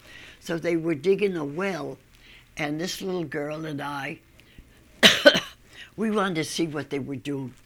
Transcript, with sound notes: So they were digging the well, and this little girl and (she coughs) we wanted to see what they were doing.